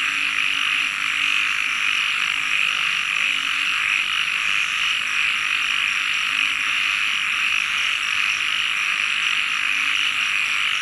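Frogs trilling together in a thick, even chorus, the high buzzing wall of calls constant from start to finish, with faint deeper croaks.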